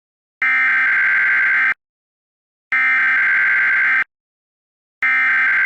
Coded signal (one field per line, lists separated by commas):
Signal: Emergency Alert System (SAME) tones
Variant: header bursts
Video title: EAS Scenario: Tornado Alley Death Trap 2